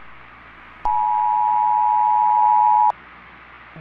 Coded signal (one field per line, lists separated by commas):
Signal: Emergency Alert System (SAME) tones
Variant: 853 and 960 Hz attention tone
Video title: EAS Scenario | The Test | Emergency Alert System